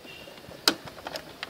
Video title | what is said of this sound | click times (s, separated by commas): Memasang Scanner Printer Epson L360 atau L210 & 220 | sampai mentok, jadi bunyi klek gitu, itu | 0.7 s